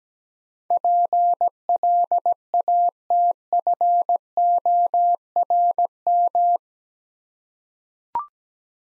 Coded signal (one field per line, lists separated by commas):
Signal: Morse code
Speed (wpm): 17 wpm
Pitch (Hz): 700 Hz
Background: none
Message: PLATFORM